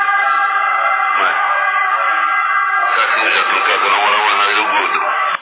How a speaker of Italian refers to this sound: Ha sentito l'ambulanza già. Ogni 5 minuti. Cazzo, qua vicino a me. Ogni 5 minuti, ne ho 4 uscite io qua.